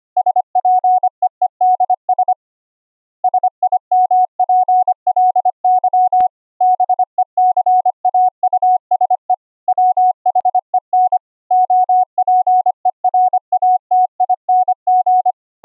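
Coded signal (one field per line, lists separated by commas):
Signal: Morse code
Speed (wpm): 25 wpm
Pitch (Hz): 740 Hz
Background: none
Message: SPEEDS SIMPLY BECAUSE WHEN OPERATING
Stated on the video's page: CW sidetone from a vintage Heathkit code practice oscillator or 555 timer oscillator, cleaned by a gate and bandpass filter; includes QRQ CW sent over SonoBus.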